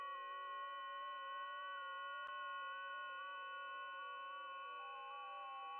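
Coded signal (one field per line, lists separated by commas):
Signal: PSK31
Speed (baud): 31.25 baud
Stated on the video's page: FT8 on the 17 m band at 18.100 MHz, heard by shortwave listening through a WebSDR.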